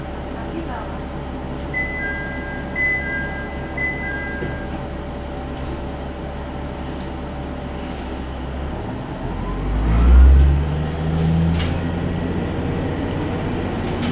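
Inside a local railway train on the move, a steady low rumble fills the cabin. Faint high tones ring briefly early on, then around ten seconds the engine note deepens and swells louder, with a sharp click shortly after.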